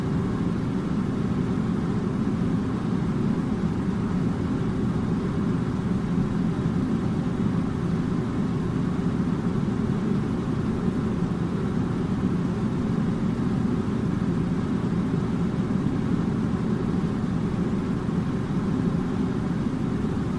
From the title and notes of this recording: Air Conditioner Sounds.